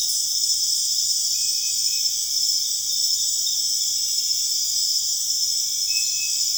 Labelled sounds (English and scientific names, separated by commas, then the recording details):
none
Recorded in secondary vegetation near Puerto Asís, Putumayo, Colombia, on 22 June 2025 at 20:00
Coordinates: 0.485, -76.322
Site GP06